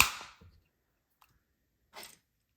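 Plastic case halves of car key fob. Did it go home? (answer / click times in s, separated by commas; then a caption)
yes / 0.0 s. The two plastic halves of a 2013–2016 Lexus LS600h remote key fob case are snapped back together after a new battery is installed, giving a sharp, loud click at 0.0 s that fades over about half a second. A faint tick follows at 1.2 s and a brief rustle near 2.0 s. The case halves are seated.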